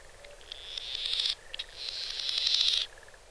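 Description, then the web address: Latham's snipe giving two harsh buzzing bursts, the second longer and swelling louder before cutting off abruptly. Recorded in Nagano, Japan, on 20 June 2007. "koe oojishigi 070620 nagano kaji"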